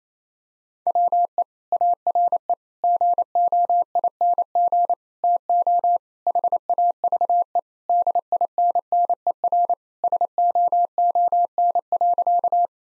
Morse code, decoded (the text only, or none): WE ARE GOING TO HAVE DINNER SOON.